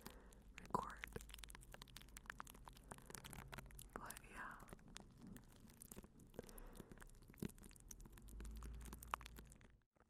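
Plastic wrap is crinkled softly and steadily, a dense run of small crackles and sharper snaps scattered across the whole stretch. Brief soft whispery bursts rise around four seconds and again near six, over a faint low rumble that swells near the end before everything cuts off.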